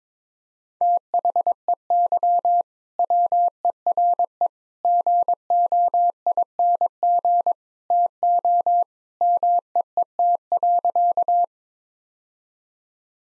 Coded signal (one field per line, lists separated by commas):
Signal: Morse code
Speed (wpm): 22 wpm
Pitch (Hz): 700 Hz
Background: none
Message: THEY WERE GOING TO MEET.